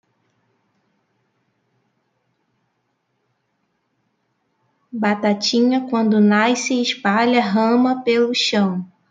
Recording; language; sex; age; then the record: short text; Brazilian Portuguese; female; 30 to 39 years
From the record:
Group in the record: control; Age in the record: 38 years